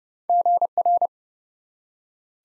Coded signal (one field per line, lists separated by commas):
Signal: Morse code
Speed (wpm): 30 wpm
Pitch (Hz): 700 Hz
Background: none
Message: GR